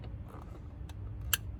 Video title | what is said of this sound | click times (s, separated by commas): PDR Mobile Glue Pulling Tower Large Dent Pop + Inside The Panel Dent Removal - R&I, NVH, Dent Baron | you want to hear that click | 1.3 s